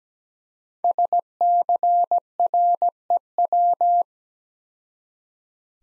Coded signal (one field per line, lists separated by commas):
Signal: Morse code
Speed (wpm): 17 wpm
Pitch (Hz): 700 Hz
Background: none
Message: SCREW